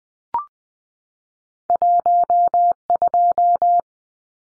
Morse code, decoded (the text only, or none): 12